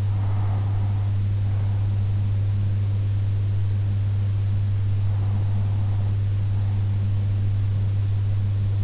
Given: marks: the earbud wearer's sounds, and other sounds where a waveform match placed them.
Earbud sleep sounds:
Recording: sounds in sleep by an in-ear microphone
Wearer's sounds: breath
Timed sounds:
0.00-2.00 s: breath
5.00-7.00 s: breath

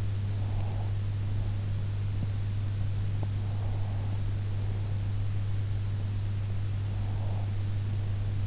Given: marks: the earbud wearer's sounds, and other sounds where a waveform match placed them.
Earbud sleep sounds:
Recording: sounds in sleep by an in-ear microphone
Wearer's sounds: breath, teeth grinding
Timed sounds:
0.16-2.15 s: breath
3.06-3.43 s: teeth grinding
3.43-5.28 s: breath
6.75-8.47 s: breath

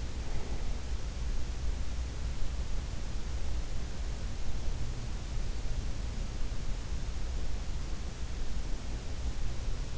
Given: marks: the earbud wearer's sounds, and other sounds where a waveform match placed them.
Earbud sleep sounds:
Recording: sounds in sleep by an in-ear microphone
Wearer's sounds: breath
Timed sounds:
0.00-0.79 s: breath

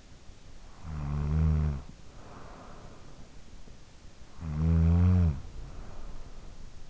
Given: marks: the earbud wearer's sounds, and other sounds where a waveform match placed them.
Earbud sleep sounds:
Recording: sounds in sleep by an in-ear microphone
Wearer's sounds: snoring breath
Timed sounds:
0.47-3.57 s: snoring breath
3.66-6.90 s: snoring breath

